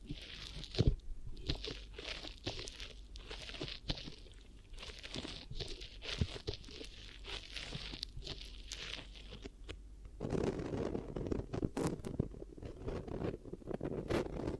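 Soft crunching and crinkling triggers come in slow waves, each rising and fading every second or so, with sharp little clicks and crackles scattered through. Around ten seconds the texture shifts to a denser, rougher rustle with more frequent ticks and snaps.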